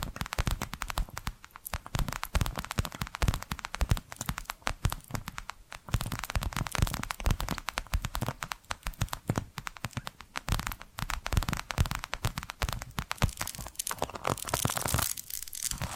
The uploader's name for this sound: Hypnotic Tapping & Scratching Sounds